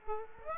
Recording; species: mosquito wingbeat signal from an infrared sensor; Aedes aegypti